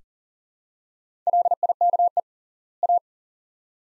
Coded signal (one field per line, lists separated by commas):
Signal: Morse code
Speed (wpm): 40 wpm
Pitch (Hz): 700 Hz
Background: none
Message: LIKE A